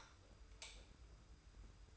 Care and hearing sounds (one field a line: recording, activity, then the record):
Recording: daily activity, microphone in the room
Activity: light off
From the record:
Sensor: 2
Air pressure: 990.7 hPa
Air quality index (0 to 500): 122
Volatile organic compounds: 90 ppm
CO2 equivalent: 3684 ppm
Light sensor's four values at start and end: 31/79/32/31 and 26/61/25/25